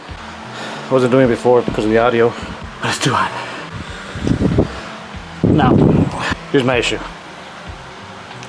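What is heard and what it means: A torque wrench set to 30 lbs is used to tighten a mounting bolt on a roof air conditioner, with a steady fan hum running underneath while someone talks. The bolt is tight but has not reached 30 lbs, so the wrench has not clicked yet.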